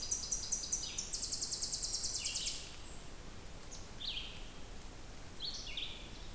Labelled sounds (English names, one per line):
Red-eyed Vireo song